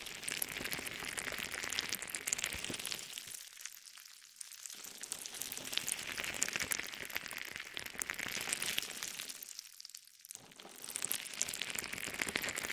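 Jelly squishes and squelches in a dense, wet crackle, like many tiny pops running together with a bright, hissy edge. The texture stays busy throughout, thinning briefly to a quieter, lighter patter around four seconds and again near ten seconds.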